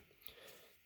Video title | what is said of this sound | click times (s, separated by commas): Jon-E Hand Warmer Cover Designs & Why | lip here on each side so it snaps into place and keeps it locked in | 0.3 s